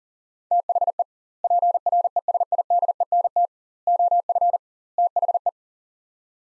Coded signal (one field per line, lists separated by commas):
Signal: Morse code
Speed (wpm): 40 wpm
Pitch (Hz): 700 Hz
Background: none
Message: THE PRESIDENT OF THE